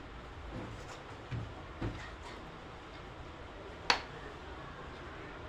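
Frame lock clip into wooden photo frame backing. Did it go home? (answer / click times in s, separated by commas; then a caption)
yes / 3.9 s. A lock clip is fastened onto the wooden backing of an LED photo frame, with a few small ticks before one loud, sharp click at 3.9 s. The clip seats, locking the wooden backing in so it will not come out.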